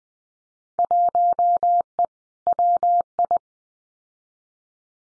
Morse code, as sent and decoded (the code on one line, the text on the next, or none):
.---- . / .-- ..
1E WI